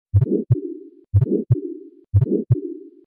Aortic Stenosis Moderate and Regurgitation Mild.